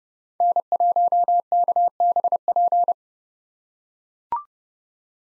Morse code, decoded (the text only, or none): N1KBP